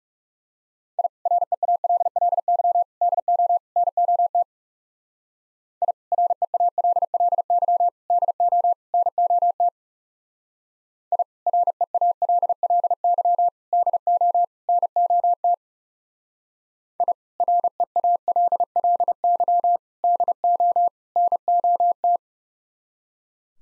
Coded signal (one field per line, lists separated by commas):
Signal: Morse code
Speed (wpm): 38 wpm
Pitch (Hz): 700 Hz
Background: none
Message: I REALLY DO NOT I REALLY DO NOT I REALLY DO NOT I REALLY DO NOT